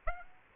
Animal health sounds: mosquito wingbeat signal from an infrared sensor; Aedes aegypti

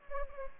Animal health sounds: mosquito wingbeat signal from an infrared sensor; Anopheles gambiae

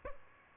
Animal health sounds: mosquito wingbeat signal from an infrared sensor; Aedes albopictus

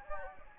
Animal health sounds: mosquito wingbeat signal from an infrared sensor; Anopheles gambiae

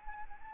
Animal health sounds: mosquito wingbeat signal from an infrared sensor; Anopheles arabiensis

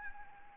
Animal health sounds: mosquito wingbeat signal from an infrared sensor; Anopheles gambiae

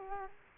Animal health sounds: mosquito wingbeat signal from an infrared sensor; Culex quinquefasciatus

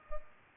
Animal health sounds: mosquito wingbeat signal from an infrared sensor; Culex pipiens

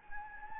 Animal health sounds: mosquito wingbeat signal from an infrared sensor; Anopheles gambiae

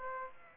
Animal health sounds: mosquito wingbeat signal from an infrared sensor; Aedes aegypti

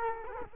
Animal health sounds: mosquito wingbeat signal from an infrared sensor; Culex quinquefasciatus

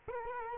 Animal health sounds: mosquito wingbeat signal from an infrared sensor; Culex quinquefasciatus

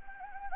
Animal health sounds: mosquito wingbeat signal from an infrared sensor; Anopheles gambiae

